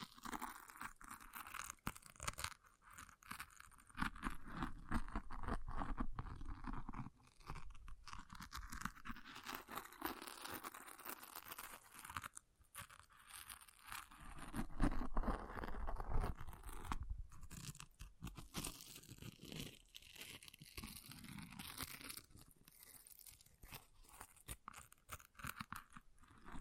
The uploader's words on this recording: ASMR Brain Melting Object Scratching (No Talking).